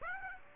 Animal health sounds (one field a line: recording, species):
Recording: mosquito wingbeat signal from an infrared sensor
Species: Aedes aegypti